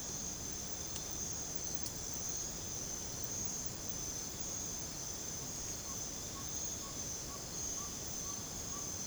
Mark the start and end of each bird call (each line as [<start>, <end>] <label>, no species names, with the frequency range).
[5.84, 9.07] bird call (0.6-1.8 kHz)